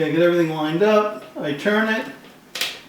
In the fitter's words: until it locks solidly in place.